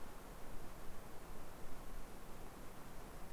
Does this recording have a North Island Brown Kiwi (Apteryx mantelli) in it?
no